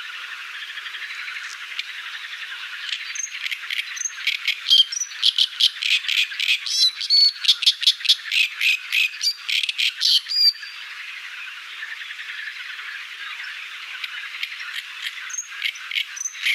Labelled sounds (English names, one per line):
Great Reed Warbler song